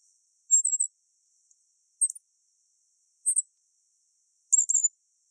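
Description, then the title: Black-masked finch uttering four short, very high-pitched phrases, some trilled or doubled, separated by brief pauses in otherwise quiet surroundings. "LuckyPassaro Completos2Sama. Black-masked Finch (Coryphaspiza melanotis)"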